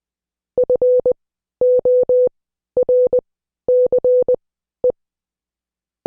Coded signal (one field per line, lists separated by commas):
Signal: Morse code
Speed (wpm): 20 wpm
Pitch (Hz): 500 Hz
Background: none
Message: FORCE